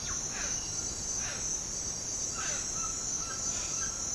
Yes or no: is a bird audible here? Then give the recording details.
yes. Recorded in pastures near Puerto Asís, Putumayo, Colombia, on 29 June 2025 at 07:00. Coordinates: 0.496, -76.326. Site GP01